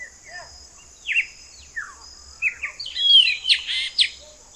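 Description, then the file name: Chopi blackbird giving a few clear slurred whistles, then a quick burst of bright overlapping notes, against a steady high-pitched hiss. "grauna"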